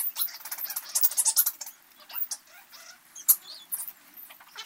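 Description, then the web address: Greater spear-nosed bat calls, dense clicky high-pitched bursts and chatter in the first half, fading to scattered sharp clicks with brief loud pulses. South American rainforest mammal. "Natures Songs S America Mammals of the Rainforest Greater spear-nosed bat"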